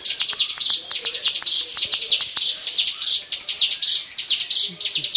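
Bar-winged prinia song: rapid bursts of high, buzzy chipping notes, each burst ending in a longer sustained buzz, repeated steadily without pause.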